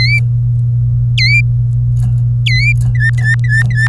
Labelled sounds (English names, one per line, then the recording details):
Domestic Canary song
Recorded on 24 April 2018 at 09:45
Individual llb3